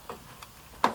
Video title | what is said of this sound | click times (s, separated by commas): 2001 Toyota Camry Grill Replacement | So you can't hear it really because I put grease on it, but it's clicked into place now. | 0.8 s